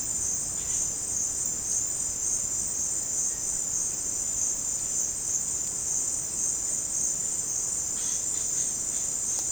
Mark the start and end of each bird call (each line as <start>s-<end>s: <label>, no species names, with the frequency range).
7.91s-9.52s: bird call (1.2-4.7 kHz)